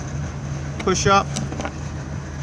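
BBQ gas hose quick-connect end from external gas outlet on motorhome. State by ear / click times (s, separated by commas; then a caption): released / 1.6 s. A BBQ gas hose quick-connect end is released from the external gas outlet on a 2020 Benimar Mileo 294 motorhome by pushing up on the release. Over a low steady engine-like hum, someone talks, then a short sharp hit at 1.6 s marks the coupling popping back out.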